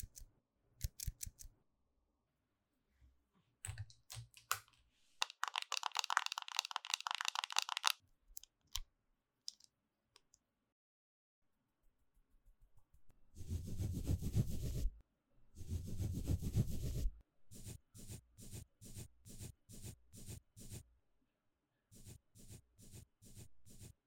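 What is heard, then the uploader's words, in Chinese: Makeup being applied: sharp clicks and taps, then a few seconds of dense hissing brushing. Around 14 to 17 seconds comes a louder, fuller rubbing burst, followed by a steady run of quick, evenly spaced pats to the end. 10分鐘快速上妝。Doing Your Makeup in 10 Minutes | NO Talking。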